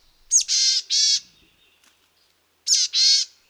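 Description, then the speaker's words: Boreal Chickadee giving two calls, each a short high note followed by one or two wheezy, nasal buzzy notes, the second call coming a couple of seconds after the first. Heard in the dense spruce forests of Canada. "listen in the dense spruce forests of Canada for the call of the boreal chickadee. A"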